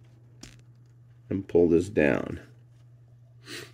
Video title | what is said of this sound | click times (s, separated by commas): Transformers Jurassic Park Collaborative 2023 Dilophocon & Autobot JP12 Review | the leg, the face up, snap this in, and | 0.4 s